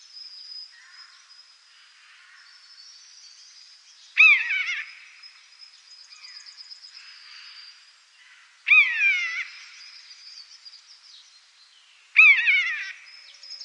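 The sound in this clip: Common buzzard mewing three times, each call a harsh, descending wail roughly four seconds apart, over a faint continuous high-pitched hum.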